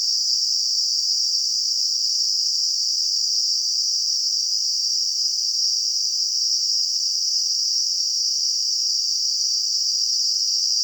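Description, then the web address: Cicadas give a continuous high, hissing drone with no breaks or other sounds. Cicadas in a garden. "WSPDatabase Analysis DVD Garden Cicadas"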